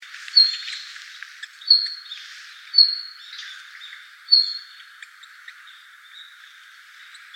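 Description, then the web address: Red-flanked bluetail calls, short high whistled notes repeated about every one to one and a half seconds, with soft chirps and a steady background hiss. Recorded 18 December 2016. "birdenaga ruribitaki 161218"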